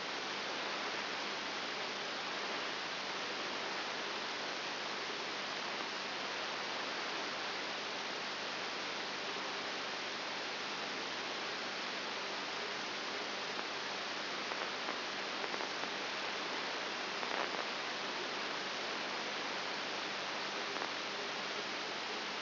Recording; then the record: brain microelectrode recording played as sound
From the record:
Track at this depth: inside the subthalamic nucleus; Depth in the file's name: 4.501 mm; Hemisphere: right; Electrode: 3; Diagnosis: Parkinson's disease